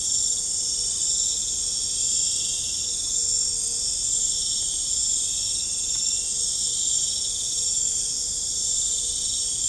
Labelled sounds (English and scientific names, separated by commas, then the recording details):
none
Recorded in pastures near Puerto Asís, Putumayo, Colombia, on 26 December 2024 at 23:30
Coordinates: 0.496, -76.326
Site G004